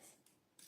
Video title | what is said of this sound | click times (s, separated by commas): TheMaryBurke is going live! | Did you hear it snap in? There it is. | 0.6 s